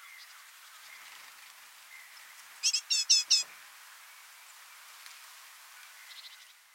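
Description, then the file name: Great tit call: one clear burst of four rapid, high, falling notes midway, followed by a fainter short series near the end, amid quiet hiss. "Parus major"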